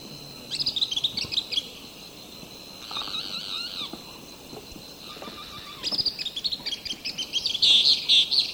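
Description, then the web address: Sulphury flycatcher calls: bursts of high squeaky chirps, with some lower slurred notes in between. Recorded in the eastern lowlands of South America. "Natures Songs S America Eastern Lowlands. Sulphury Flycatcher"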